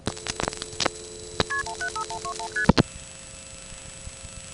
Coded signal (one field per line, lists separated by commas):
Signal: multi-frequency trunk signalling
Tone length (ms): 90 ms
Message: KP15121ST